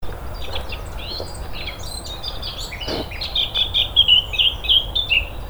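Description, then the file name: Eurasian blackcap song: a soft scratchy warble that breaks into a clearer, louder run of fluty whistled notes over the final two seconds, with low steady rumble beneath. "Sylvia atricapilla"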